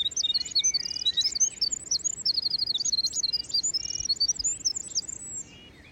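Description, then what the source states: Winter Wren song, a long tumbling stream of very high rapid trills and twittering notes, running continuously for about five seconds over soft background hiss. Male; long complex song of trills, whistles, halftones and overtones, said to hold 10 times a rooster's sound power, sung breathing out and in; spring, hemlock groves, Porcupine Mountains Wilderness State Park, Michigan.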